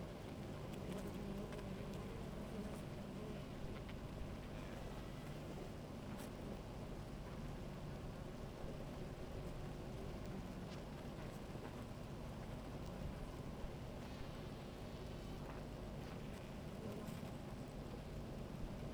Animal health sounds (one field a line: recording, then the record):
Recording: honeybee colony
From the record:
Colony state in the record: active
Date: 28 July 2017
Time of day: 17:09